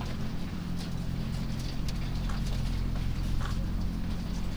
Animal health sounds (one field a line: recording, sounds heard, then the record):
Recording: poultry house recording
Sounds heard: sick chickens (respiratory disease)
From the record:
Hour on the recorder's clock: 0